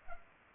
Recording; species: mosquito wingbeat signal from an infrared sensor; Culex pipiens